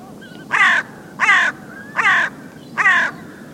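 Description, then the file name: Carrion crow giving four harsh, hoarse caws, evenly spaced about every three-quarters of a second, over a low background hum. "Corvus corone"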